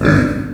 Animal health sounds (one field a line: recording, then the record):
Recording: squeal of a Yucatan mini pig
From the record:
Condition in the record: after surgery on the right vocal fold (resection and tissue-engineered implant)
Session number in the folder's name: 7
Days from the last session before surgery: 47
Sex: female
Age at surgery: 19 weeks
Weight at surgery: 25 kg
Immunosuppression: prednisolone